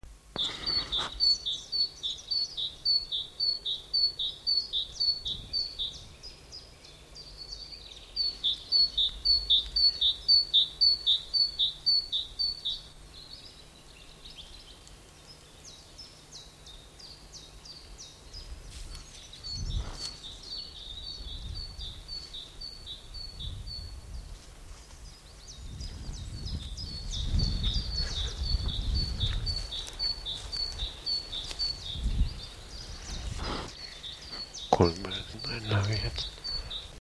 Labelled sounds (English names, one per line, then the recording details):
Great Tit song
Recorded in the wild
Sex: male
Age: adult
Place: Buckow (Märkische Schweiz), Märkische Schweiz, Brandenburg, DE
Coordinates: 52.5678, 14.1197
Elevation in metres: 30
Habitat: forest
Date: 1988-04-16
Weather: sunny, above 8°C
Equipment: Sony WM-D6C, Sony ECM-939 LT, Kopie 19 cm
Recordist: Tembrock, Günter
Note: Nahe Forsthaus "Alte Mühle". Gesang